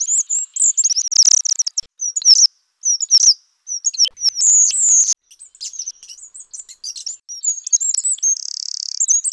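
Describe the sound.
Bird giving high, thin chirps and short whistled slurs in irregular bursts, with a brief buzzy trill near the end.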